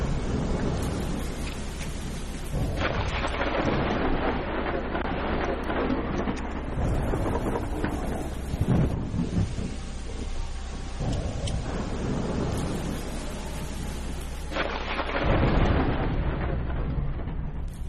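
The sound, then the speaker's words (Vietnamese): A night-time thunderstorm with wind and steady, heavy rain hissing throughout and deep rolling thunder rumbling in several long waves, the loudness swelling and easing without any voices. “Cũng không ai biết ngoài kia sự thể nó ra làm sao, chỉ biết rằng là đêm nay mưa gió sấm sét kinh khủng lắm.”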